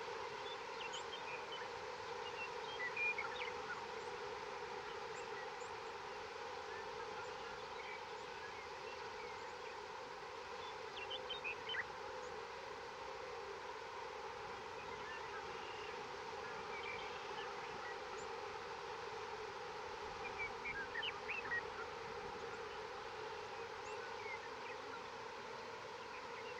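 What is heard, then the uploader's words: A remote mountain lake in spring carries a steady droning hum of insects, with brief faint bird chirps around three, twelve and twenty-one seconds. A great place to listen to insects — and birds — is a remote mountain lake in the spring. Gordon Hempton, an acoustic ecologist and sonic guide for the this series, recorded the sounds of this lake in Washington’s Methow Valley.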